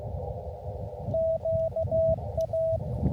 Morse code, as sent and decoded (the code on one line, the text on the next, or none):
--.- .-
QA